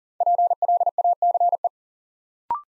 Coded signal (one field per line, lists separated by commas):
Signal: Morse code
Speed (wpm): 40 wpm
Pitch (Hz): 700 Hz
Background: none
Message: PLACE